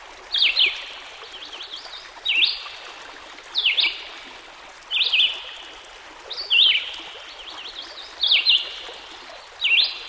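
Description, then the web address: Red-eyed Vireo delivering a string of short, slurred phrases separated by pauses, against the constant sound of a babbling stream. Heard with a stream in the background. "Dan Gibson Songbirds By The Stream. Red - Eyed Vireo"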